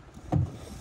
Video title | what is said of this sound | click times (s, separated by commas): Handover of 2017 Kimberley E-Class Kruiser | all we have to do is go past the click | 0.3 s